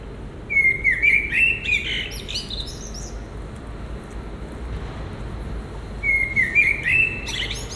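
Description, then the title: Common blackbird sings a rich whistled phrase that ends in a scratchy high twitter; after a quiet gap, another similar phrase begins. Low hum underneath. Recorded in Marolles, Brussels, Belgium, with a Sony PCM-M10 recorder and binaural microphones. "Marolles, 1000 Bruxelles, Belgique - Résidence Sainte-Gertrude - Merle - Blackbird"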